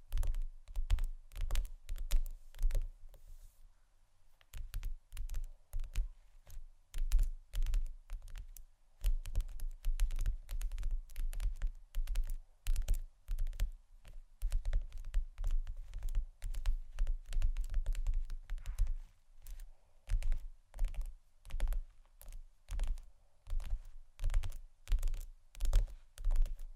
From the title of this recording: Tap & Scratch On Table Surfaces